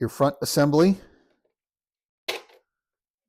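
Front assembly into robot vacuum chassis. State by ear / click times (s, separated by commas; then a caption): seated / 2.3 s. Someone talks, then the front assembly of an iRobot Roomba s9+ robot vacuum, reinstalled during a tread replacement, is pressed onto the vacuum's plastic chassis. A short, sharp click at 2.3 s marks the front assembly seating back into place.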